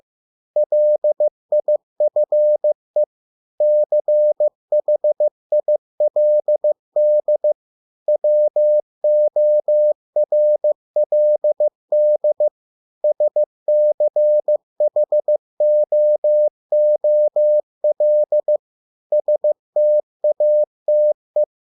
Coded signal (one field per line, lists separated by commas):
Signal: Morse code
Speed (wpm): 15 wpm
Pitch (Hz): 600 Hz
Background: none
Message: LIFE CHILD WORLD SCHOOL STATE